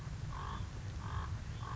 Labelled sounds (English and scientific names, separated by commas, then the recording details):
Common Raven (Corvus corax)
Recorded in Sonoma County, California